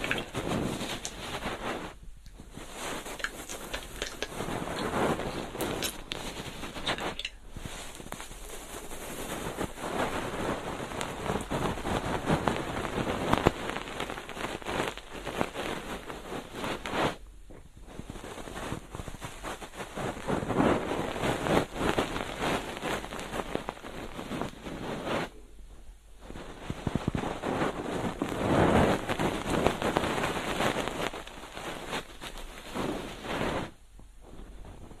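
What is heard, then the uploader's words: A feather ear pick brushes and rustles in a dense, crackly hiss that swells and eases in long strokes. Brief silent gaps break it near 2, 7, 17, 26 and 34 seconds, and the scratchy texture sounds a lot like light rain. Ear cleaning. 3DIO 마이크를 이용한 귀청소!! Feather pick (솜털귀이개).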